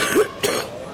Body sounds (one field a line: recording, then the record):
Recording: coughing mixed with background sound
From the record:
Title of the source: 31 night wet cough